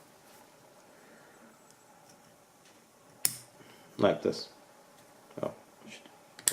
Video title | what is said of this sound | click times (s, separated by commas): l'indispensable Killer? - PELTEKO | like this until it clicks okay so this is the assembled and position | 6.5 s